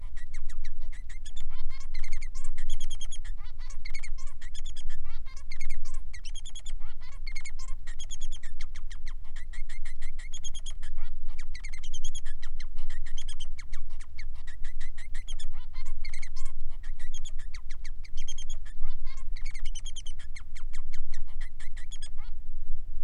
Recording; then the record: song of a male Bengalese finch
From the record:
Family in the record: son of father 3